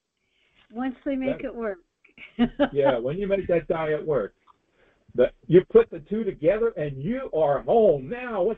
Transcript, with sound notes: Once they make it work. (laughs)
Yeah, when you make that diet work. The... You put the two together, and you are home.